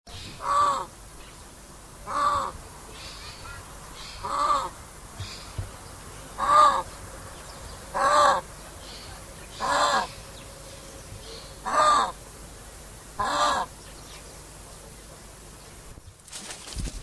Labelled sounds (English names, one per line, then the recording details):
Indian Peafowl call
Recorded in captivity
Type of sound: call
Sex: female
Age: adult
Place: Zoo Halle, Sachsen-Anhalt, DE
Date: 2007-10-08 17:00
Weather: sunny, 14°C
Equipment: Sony WM-D6C, Sennheiser ME 80, Kopie Uher 4000 Report Monitor
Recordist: Tembrock, Günter
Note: Weibchen (umherlaufend): Lautfolge, fliegt dann ab